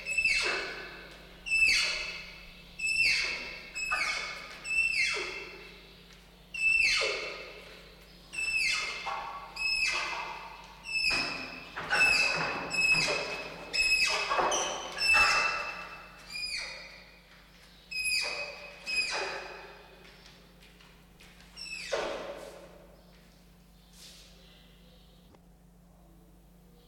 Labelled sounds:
Malayan Tapir
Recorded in captivity
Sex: pair
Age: adult
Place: Zoo Berlin, Berlin, DE
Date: 1995-04-01 10:54
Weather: bedeckt - heiter, 6 - 8 °C, böiger Wind
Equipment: Marantz CP 430, Sennheiser ME 80, Kopie Uher Variocord 263
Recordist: Tembrock, Günter

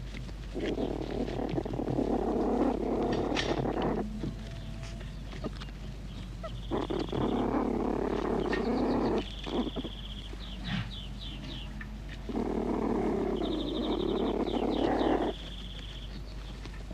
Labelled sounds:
Beech Marten call
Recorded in captivity
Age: juvenile
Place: Klein-Neundorf, Lausitz, Sachsen, DE
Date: 1962-05-21
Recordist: Meyer, Hugo
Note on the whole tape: 2 junge Steinmarder

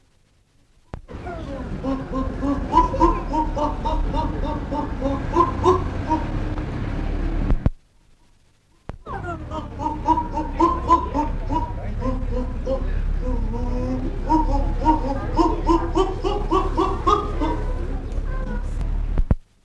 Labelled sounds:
Chimpanzee
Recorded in captivity
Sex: diverse
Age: juvenile
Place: Tierpark Berlin, Berlin, DE
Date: 1960-09-14 11:30
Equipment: Reporter (Vollspur), Abstand ca. 10 m
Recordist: Tembrock, Günter
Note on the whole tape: Halbwüchsige (Toto und Kata) wurden aus Schloß allein in Käfig gebracht, Susi (Altweibchen) zurückgelassen. Toto fing an zu rufen, kurz (dunkler) auch Weibchen. Bei Rufreihen Begattungsverhalten, dann Susi dazu

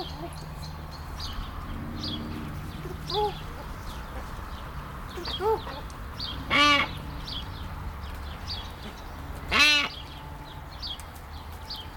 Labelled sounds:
Hadada Ibis call
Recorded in captivity
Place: Tierpark Berlin, Berlin, DE
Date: 1996-05-01 17:47
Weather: heiter, 17°C
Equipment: Sony MD-WM MZ-R3, Sennheiser MKH 416 T, Kopie Uher 4000 Report Monitor
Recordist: Tembrock, Günter

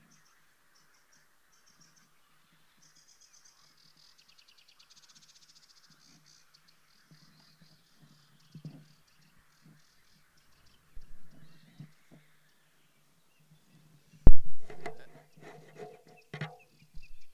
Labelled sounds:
Sedge Warbler
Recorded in the wild
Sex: male
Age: adult
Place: Teerofenbrücke, Nationalpark Unteres Odertal, Brandenburg, DE
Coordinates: 53.1336, 14.3503
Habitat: riverine vegetation
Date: 2001-05-05
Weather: overcast, ca. 10°C, light winds
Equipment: Sony TCD-D7, Telinga Pro 5
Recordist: Frommolt, Karl-Heinz

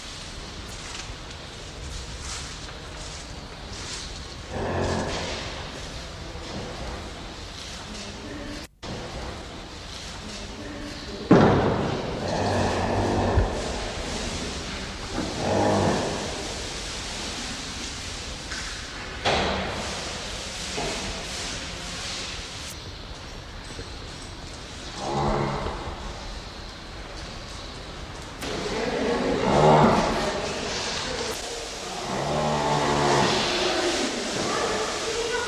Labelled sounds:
Nile Lechwe call
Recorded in captivity
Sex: male
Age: juvenile
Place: Zoo Berlin, Berlin, DE
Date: 1988-10-07 11:43
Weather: overcast, 12°C, wind
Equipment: Sony WM-D6C, Kopie Uher
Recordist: Tembrock, Günter
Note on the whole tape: Gray-Wasserbock. Jungbulle: Langlaute

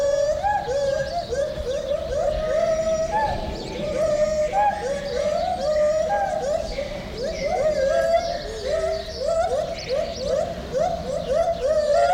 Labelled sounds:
Lar Gibbon call
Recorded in captivity
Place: Zoo Berlin, Berlin, DE
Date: 1996-03-23 10:21
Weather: heiter, 4°C
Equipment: Sony WM-D6C, Sennheiser ME 80, Kopie Uher 4000 Report Monitor
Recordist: Tembrock, Günter
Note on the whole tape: Tiere im Oberkäfig (ca. 20 m), Lautfolgen (wohl 2 Weibchen)

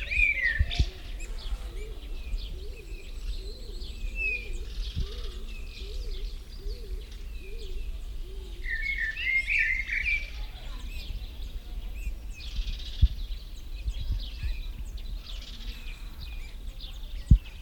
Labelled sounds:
Eurasian Bullfinch
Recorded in the wild
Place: Serrahn, Mecklenburg-Vorpommern, DE
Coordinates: 53.6673, 12.3475
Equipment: NAGRA III BH, Sennheiser MD21
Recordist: Schubert, Michael

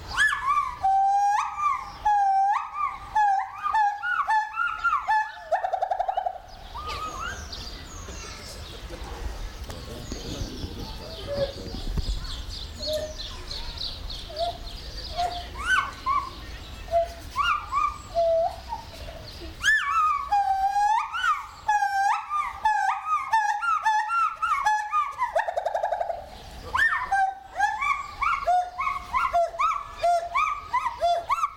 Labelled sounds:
Pileated Gibbon
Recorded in captivity
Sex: male
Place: Zoo Berlin, Berlin, DE
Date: 1996-04-06 12:50
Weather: heiter, 10 - 16 °C
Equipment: Sony MD-WM MZ-R3, Sennheiser MKH 416 T, Kopie Uher 4000 Report Monitor
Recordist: Tembrock, Günter

